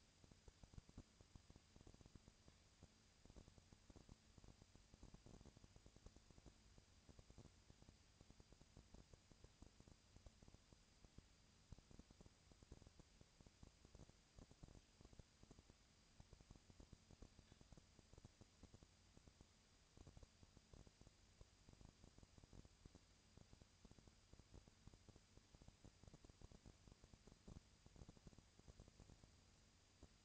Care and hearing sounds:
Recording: daily activity, microphone in the room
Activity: no activity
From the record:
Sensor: 2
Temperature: 20.3 degrees Celsius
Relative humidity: 37.0%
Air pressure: 998.7 hPa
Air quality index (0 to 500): 236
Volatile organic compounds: 38 ppm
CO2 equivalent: 3111 ppm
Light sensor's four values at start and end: 2/3/2/2 and 2/3/2/2

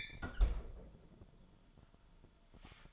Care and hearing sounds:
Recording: daily activity, microphone in the room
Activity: close fridge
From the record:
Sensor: 5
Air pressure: 1007.9 hPa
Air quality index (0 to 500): 89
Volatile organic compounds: 1 ppm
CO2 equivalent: 699 ppm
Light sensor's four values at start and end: 41/93/39/41 and 40/91/38/40

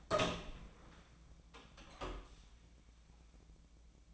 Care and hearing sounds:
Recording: daily activity, microphone in the room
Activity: open door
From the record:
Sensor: 1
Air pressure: 1009.2 hPa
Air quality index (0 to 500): 189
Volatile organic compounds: 4 ppm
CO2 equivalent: 1587 ppm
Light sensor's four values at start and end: 34/92/38/44 and 35/94/38/45

